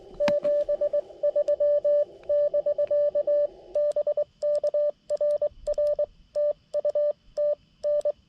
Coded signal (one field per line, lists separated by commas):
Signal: Morse code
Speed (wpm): 21 wpm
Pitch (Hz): 590 Hz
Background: radio noise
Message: 73 <BK> BK RR TU TN